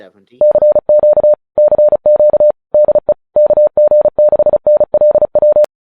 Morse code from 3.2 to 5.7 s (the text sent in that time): KG6NLW